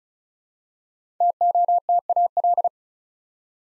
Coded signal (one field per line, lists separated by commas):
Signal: Morse code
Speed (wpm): 36 wpm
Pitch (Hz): 700 Hz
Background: none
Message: TOTAL